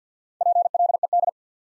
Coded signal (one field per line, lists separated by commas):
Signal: Morse code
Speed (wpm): 50 wpm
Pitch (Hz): 700 Hz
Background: none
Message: PLED